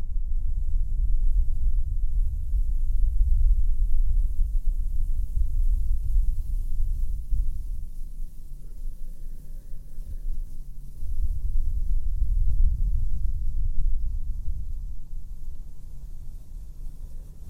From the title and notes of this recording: ASMR super slow mic brushing & blowing - bassy, binaural, no makeup.